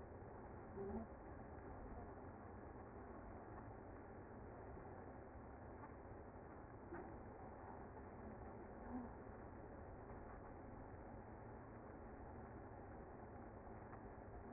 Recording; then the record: honeybee colony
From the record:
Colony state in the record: active